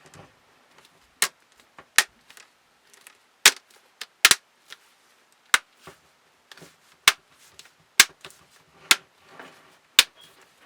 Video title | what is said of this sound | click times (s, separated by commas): How to replace the LCD Screen of an Hp 14-Ca023nR Chrome book | you hear those clips clicking | 2.0 s, 3.5 s, 4.2 s, 7.1 s, 8.0 s, 10.0 s